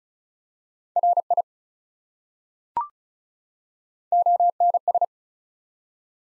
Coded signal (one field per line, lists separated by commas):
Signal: Morse code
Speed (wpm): 36 wpm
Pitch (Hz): 700 Hz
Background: none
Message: RI ONS